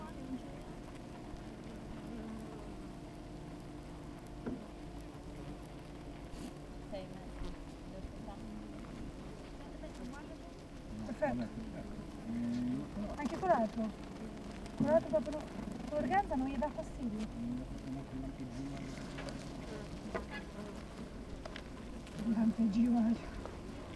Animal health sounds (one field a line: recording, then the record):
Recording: honeybee colony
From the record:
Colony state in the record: active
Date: 28 July 2017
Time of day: 8:00